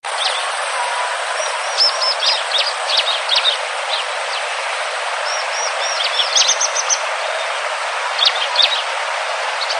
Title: Kicau Ciblek Gunung